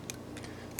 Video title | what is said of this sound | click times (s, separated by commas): iPhone 5 Charging Port Replacement How To Change | but then all of a sudden they just click right in sometimes they go the first time | 0.8 s